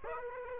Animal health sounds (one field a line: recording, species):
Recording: mosquito wingbeat signal from an infrared sensor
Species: Aedes aegypti